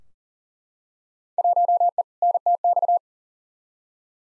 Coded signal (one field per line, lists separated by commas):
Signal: Morse code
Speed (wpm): 40 wpm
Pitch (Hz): 700 Hz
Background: none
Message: 1E NTX